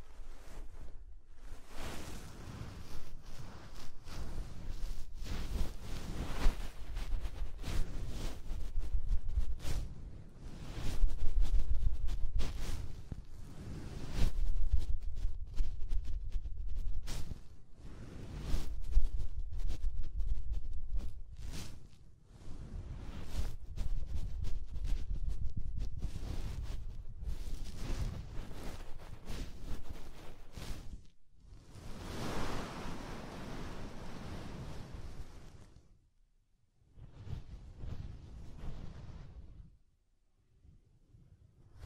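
Soft, fluffy triggers rub and brush right against the microphone in dense, muffled bursts with a deep low rumble. The rustling pulses irregularly, with brief pauses near 11, 22 and 31 seconds, then a smoother airy swish from about 32 seconds before it fades out.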